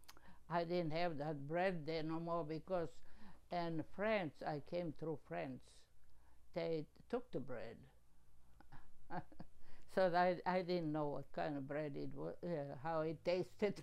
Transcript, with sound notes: I didn't have that bread there no more because in France, I came through France they took the bread. (laughing) So I didn't know what kind of bread it was, uh, how it tasted.